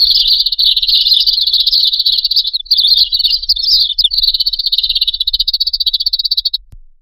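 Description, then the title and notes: Bird trill, a narrow, even high buzzy chatter held steadily with brief breaks, ending abruptly in silence. Compilation of lure calls used to attract wary, hard-to-approach birds. "Suara Burung Bandel Yang Susah Mendekati. Kompilasi Suara Pikat Burung"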